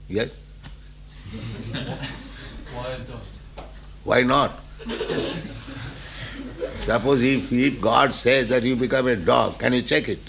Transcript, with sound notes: Yes. [laughter]
Why a dog? [laughter]
Suppose if God says that "You become a dog," can you check it?